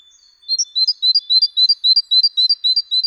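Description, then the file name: Great tit song: a steady, rapid chain of high, piercing two-note phrases, around ten in under three seconds. "Parus major"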